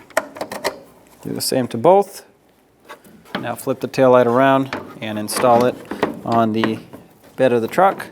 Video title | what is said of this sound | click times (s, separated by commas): How to Replace Tail Light Assemblies 2003-2009 Dodge Ram 2500 HD | turn them clockwise until they click and lock. | 0.2 s